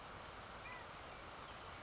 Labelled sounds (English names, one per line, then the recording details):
California Quail
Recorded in Sonoma County, California